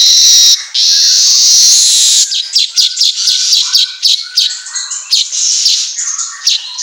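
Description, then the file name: Asian golden weaver song opening with long hissing buzzes, then a run of quick scratchy chips and short whistled notes at an uneven pace. Auto gacor recording for training songbirds. "Suara Kicau Manyar Kepala Emas Auto Gacor"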